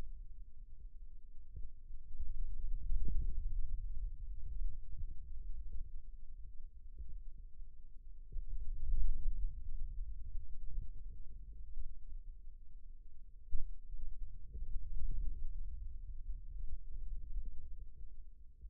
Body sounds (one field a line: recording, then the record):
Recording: forearm muscle sounds (acoustic myography)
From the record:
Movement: hand closing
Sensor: system 2, bracelet of six BSWA MPA416 microphones around the upper forearm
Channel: 2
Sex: male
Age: 22 years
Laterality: right